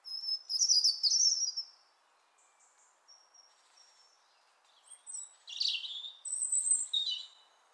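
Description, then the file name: European robin song with a sparkling, high-pitched opening phrase, a few soft thin notes, then another tumbling run of whistles and trills. "Erithacus rubecula"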